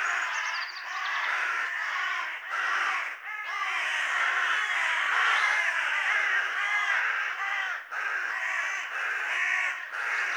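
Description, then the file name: Carrion crow caws, harsh calls that run almost without a break in a dense, busy stream. "Corvus corone"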